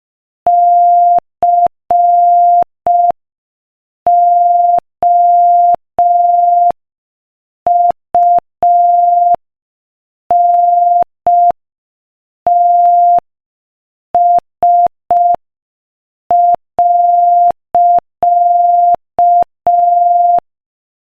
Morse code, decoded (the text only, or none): COUNTS.